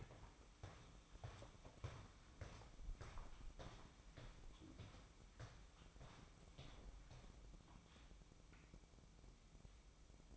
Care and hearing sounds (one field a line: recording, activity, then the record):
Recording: daily activity, microphone in the room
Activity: walk to room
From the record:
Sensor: 1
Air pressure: 1008.2 hPa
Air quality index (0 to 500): 139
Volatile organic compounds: 2 ppm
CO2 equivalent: 1172 ppm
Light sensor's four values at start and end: 11/26/10/12 and 11/27/11/12